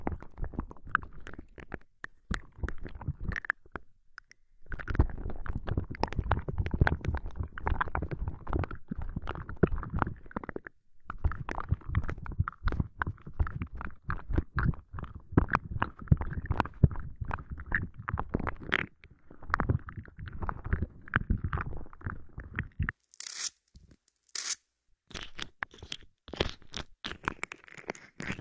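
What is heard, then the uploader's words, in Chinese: Lotion massage, sticky: dense, wet squelching and smacking sounds run almost continuously, thick in the low range with quick bright clicks. Brief pauses fall near 4 and 11 seconds, and near 23–25 seconds a few sharp, brighter rubbing bursts break through. 乳液按摩！黏黏的…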